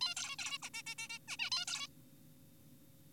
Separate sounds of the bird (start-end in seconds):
0.01-0.15, 0.17-0.36, 0.39-0.58, 0.62-0.69, 0.74-0.83, 0.87-0.95, 0.98-1.08, 1.10-1.19, 1.28-1.37, 1.39-1.50, 1.52-1.65, 1.68-1.87